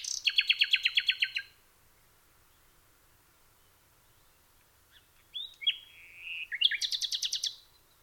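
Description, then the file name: Common nightingale song: a fast rattling series of repeated notes, a pause, then whistled slurs and another rapid repeated burst. "nachtegaal"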